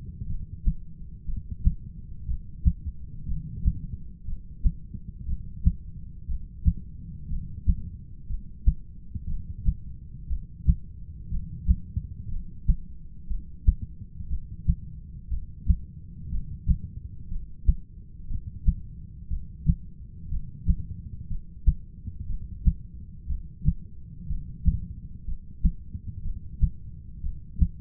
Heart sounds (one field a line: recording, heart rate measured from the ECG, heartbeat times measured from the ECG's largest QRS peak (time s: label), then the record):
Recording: heart sounds by stethoscope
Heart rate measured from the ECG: 60 bpm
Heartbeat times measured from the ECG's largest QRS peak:
0.27 s: heartbeat
1.26 s: heartbeat
2.26 s: heartbeat
3.26 s: heartbeat
4.25 s: heartbeat
5.26 s: heartbeat
6.27 s: heartbeat
7.28 s: heartbeat
8.28 s: heartbeat
9.27 s: heartbeat
10.28 s: heartbeat
11.29 s: heartbeat
12.29 s: heartbeat
13.28 s: heartbeat
14.28 s: heartbeat
15.29 s: heartbeat
16.30 s: heartbeat
17.29 s: heartbeat
18.28 s: heartbeat
19.28 s: heartbeat
20.29 s: heartbeat
21.28 s: heartbeat
22.27 s: heartbeat
23.27 s: heartbeat
24.27 s: heartbeat
25.25 s: heartbeat
26.22 s: heartbeat
27.21 s: heartbeat
From the record:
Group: heart failure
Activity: rest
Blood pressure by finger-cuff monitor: 114/79 mmHg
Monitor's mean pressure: 92 mmHg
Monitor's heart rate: 60 bpm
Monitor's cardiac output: 6.3 L/min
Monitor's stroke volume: 106 mL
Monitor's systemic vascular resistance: 1060 dyn s/cm5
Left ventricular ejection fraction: 25%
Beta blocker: metoprolol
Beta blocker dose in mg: 62.5 twice daily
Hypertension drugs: ramipril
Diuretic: furosemide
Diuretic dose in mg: 40 twice daily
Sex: male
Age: 57 years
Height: 180 cm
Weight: 90.5 kg